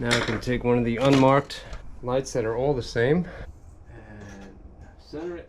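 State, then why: Not seated. Someone talks while picking up one of the unmarked, identical LED light bars and centring it on the overhead aluminum track mounting clips, with faint handling sounds in the quieter stretch. The light is only lined up, and nothing has snapped in yet.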